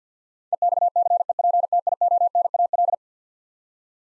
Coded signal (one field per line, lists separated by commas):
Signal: Morse code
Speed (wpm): 50 wpm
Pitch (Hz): 700 Hz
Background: none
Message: EXCEPTIONAL